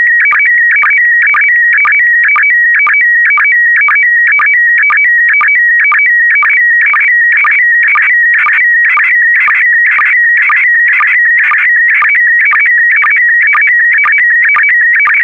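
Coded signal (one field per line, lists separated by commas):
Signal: SSTV (slow-scan television)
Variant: PD120 mode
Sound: warbling, chirpy tone jumping between pitches, with a rhythmic click about twice per second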